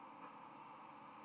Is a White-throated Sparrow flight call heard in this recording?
no